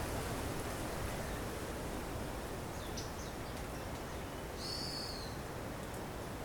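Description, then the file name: Ryukyu robin call: one high, clear, slightly falling whistled note near the end, with a few faint short high notes before it, over steady low rumbling noise. Recorded on Nakanoshima, 25 May 2025. "akahige nakanoshima sekishinichi"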